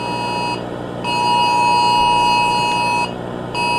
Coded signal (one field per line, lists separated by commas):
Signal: Emergency Alert System (SAME) tones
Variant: 853 and 960 Hz attention tone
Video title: Poppy Playtime Hour of Joy EAS Scenario